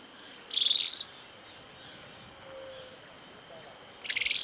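Bird calls, two loud high-pitched chirping bursts about three and a half seconds apart, with faint softer chirps between.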